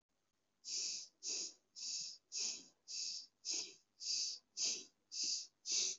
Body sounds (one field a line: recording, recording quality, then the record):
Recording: deep breathing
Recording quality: excellent, no background noise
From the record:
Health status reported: COVID-19 positive, no symptoms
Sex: male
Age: 25 years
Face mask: not worn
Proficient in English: no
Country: India